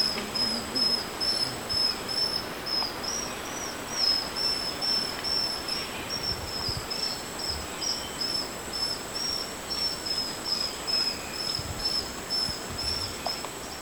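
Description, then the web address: Cinnamon neopipo song: long run of quick, thin, high whistled notes at an even pace, with a continuous high insect tone and hissy background. Ecuador. "Birds of Ecuador. Cinnamon Neopipo"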